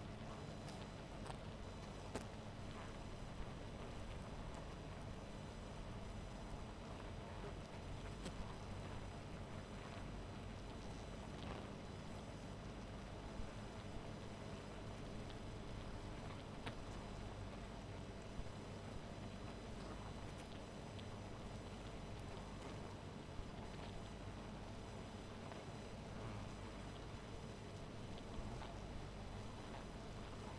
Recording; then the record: honeybee colony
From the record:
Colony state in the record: missing queen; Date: 14 July 2017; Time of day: 0:21